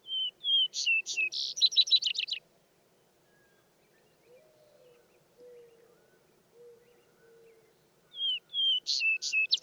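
Vesper sparrow songs, each opening with clear whistled notes and breaking into a rapid trill; faint low whistles fill the gap between them.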